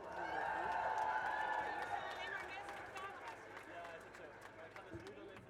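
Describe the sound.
A crowd applauds a speaker being introduced at a feminist march on International Women's Day in Amsterdam, with dense, steady clapping, mixed with whoops and cheering voices at the start, then eases slightly and keeps going at a lower level to the end.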